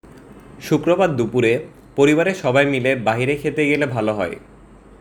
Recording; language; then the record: elicited speech; Bengali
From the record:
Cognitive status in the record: cognitively healthy